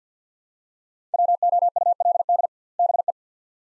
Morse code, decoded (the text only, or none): WOULD BE